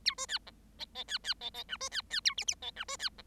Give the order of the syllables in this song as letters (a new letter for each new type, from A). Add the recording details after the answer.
A B C D E E C C E E F B C C A G G E F B C D. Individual Bird7